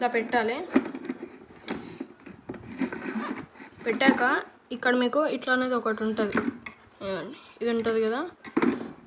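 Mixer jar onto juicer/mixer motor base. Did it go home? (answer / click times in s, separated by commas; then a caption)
yes / 8.6 s. A mixer jar is placed onto the coupling of a Maharaju Whiteline juicer/mixer motor base and turned until it locks. Someone talks throughout, with a few small knocks around 2.3–2.9 seconds, and a sharp hit at 8.6 seconds marks the jar locking into place.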